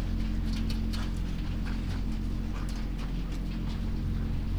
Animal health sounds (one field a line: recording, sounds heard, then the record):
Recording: poultry house recording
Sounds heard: sick chickens (respiratory disease)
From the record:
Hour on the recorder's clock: 21